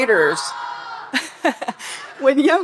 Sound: audience cheering